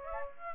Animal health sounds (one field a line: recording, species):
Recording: mosquito wingbeat signal from an infrared sensor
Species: Aedes aegypti